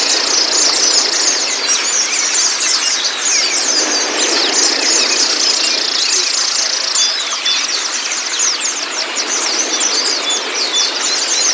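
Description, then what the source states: White-eye song, rapid high twitters blending into a steady shimmering wash, with occasional sharper chirps standing out. Therapy recording meant to get the bird to open its beak and sing; used for training pleci.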